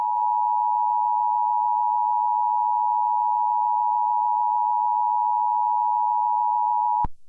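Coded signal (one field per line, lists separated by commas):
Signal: Emergency Alert System (SAME) tones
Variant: 853 and 960 Hz attention tone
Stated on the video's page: Fictional EAS scenario, not a real alert.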